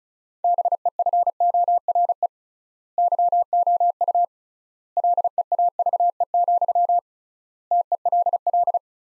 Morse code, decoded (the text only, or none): BEFORE YOU LEAVE, TELL